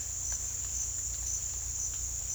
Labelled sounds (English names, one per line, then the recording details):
none
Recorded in dense forest near Puerto Asís, Putumayo, Colombia, on 18 December 2024 at 08:00
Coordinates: 0.486, -76.317
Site G003